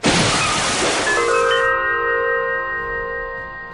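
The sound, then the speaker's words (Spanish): A body falling from the second floor out through a bar's windows crashes onto a car with a loud burst of shattering glass, then a steady metallic ringing lingers and slowly fades for a couple of seconds. “saliendo por las ventanas del bar Arcángel, cayendo desde el segundo piso encima de un auto.”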